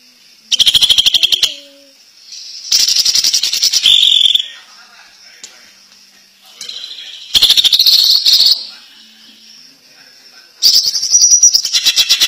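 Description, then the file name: Greater green leafbird song: four bursts of rapid, buzzy trills and chatter, each about one to two seconds long, separated by pauses of up to about three seconds. Champion competition bird singing its kicau song. "kicau cucak ijo juara"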